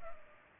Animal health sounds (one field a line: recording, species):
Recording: mosquito wingbeat signal from an infrared sensor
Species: Culex pipiens